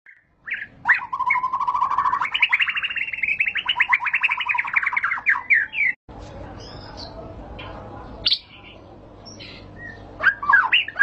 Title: Pancingan Murai Batu Berkelas Banyak Di Cari Buat Masteran